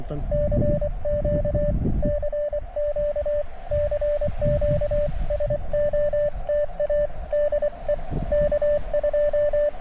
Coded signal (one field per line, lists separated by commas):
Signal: Morse code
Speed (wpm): 24 wpm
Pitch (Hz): 590 Hz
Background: speech, radio noise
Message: CQ CQ CQ SOTA DE K2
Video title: Hunter Mountain SOTA